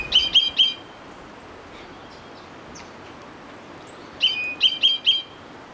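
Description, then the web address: Orange-bellied euphonia song: three quick, ringing, buzzy notes in a row, a long pause, then four more similar notes, over a quiet hiss. Recorded in Ecuador. "Natures Songs S America Birds of Ecuador Orange-Bellied Euphonia"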